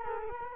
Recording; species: mosquito wingbeat signal from an infrared sensor; Culex quinquefasciatus